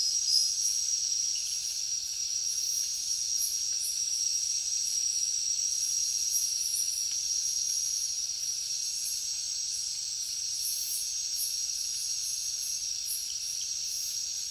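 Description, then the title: Dense high cricket chorus, a steady shimmering trill with irregular pulsing throughout. Heavy cricket chorus at night in a jungle. "alex productions ambient music nature. Jungle night heavy crickets"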